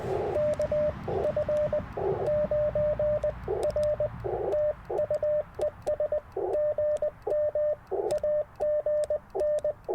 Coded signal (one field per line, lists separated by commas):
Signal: Morse code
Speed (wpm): 20 wpm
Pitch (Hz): 600 Hz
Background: radio noise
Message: KF9R TU ES GM AGN